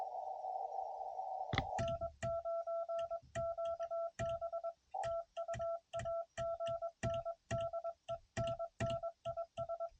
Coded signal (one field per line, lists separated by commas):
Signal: Morse code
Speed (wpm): 21 wpm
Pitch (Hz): 1340 Hz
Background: none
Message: N9QB TU AGN DENNIS